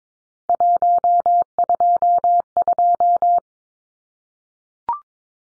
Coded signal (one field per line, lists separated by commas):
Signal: Morse code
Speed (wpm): 22 wpm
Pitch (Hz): 700 Hz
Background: none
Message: 122